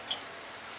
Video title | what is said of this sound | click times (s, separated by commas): installing a USB camera power outlet on the kubota tractor | it wherever you want it and it locks it locks into place it's spring so | 0.1 s